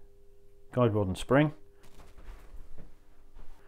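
A guide rod and recoil spring are handled and lined up in the slide of an airsoft gas blowback pistol before being pushed home. Someone talks briefly, followed by faint, low handling rustles and scrapes. Nothing has seated or clicked yet.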